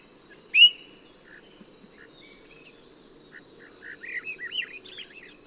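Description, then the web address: Swainson's thrush: one sharp whistled note, a pause with soft notes, then a run of fluty, upward-spiralling phrases over a quiet background with a faint insect tone. Recorded in Ecuador. "Birds of Ecuador. Swainson's Thrush"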